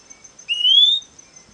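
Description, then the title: Fuscous flycatcher giving a single thin, rising whistle lasting about half a second, with a faint high insect tone throughout. "LuckyPassaro Completos2Sama. Fuscous Flycatcher (Cnemotriccus fuscatus)"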